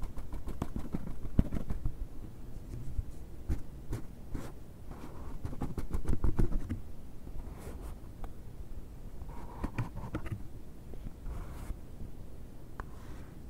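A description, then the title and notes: A box being opened and scratched: a steady run of dry scraping and rubbing with many quick clicks and taps throughout. The low end stays busy, with a louder stretch of handling around six seconds and brief brighter scrapes near ten and twelve seconds. ASMR BOX OPENING, BOX SCRATCHING NO TALKING.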